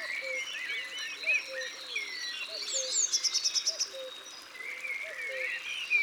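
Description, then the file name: Eurasian blue tit song: a short fast high trill of evenly repeated notes amid other birds chirping, with low whistled notes repeating steadily underneath. Isère, France. "Mesange-bleue-Concerts-naturels-de-l Isere-Studio-Les-Trois-Becs"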